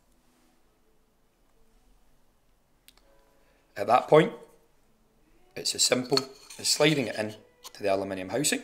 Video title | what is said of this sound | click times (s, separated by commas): How To Change The Batteries in a Bang & Olufsen Beoremote One | you pop it straight back on and listen for the click | 2.9 s